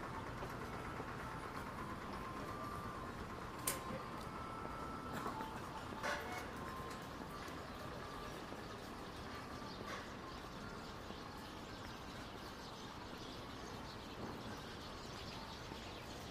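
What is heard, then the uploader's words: Daytime street sound in Akihabara: a steady, dense rumble of traffic that stays at an even level throughout. Sharp clicks and knocks stand out near 4, 6, 10 and 14 seconds, and faint voices mix into the low, constant wash. Akihabara,daytime.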